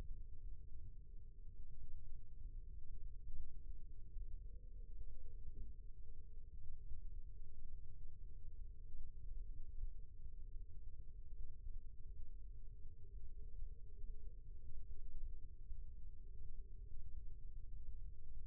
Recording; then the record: forearm muscle sounds (acoustic myography)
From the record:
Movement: rest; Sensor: system 1, eight BSWA MPA416 microphones around the upper forearm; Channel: 2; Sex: male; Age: 20 years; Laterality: left